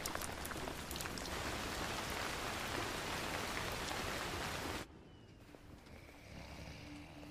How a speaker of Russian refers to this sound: По лицу девушки стекают капли дождя, взгляд устремлен в темноту.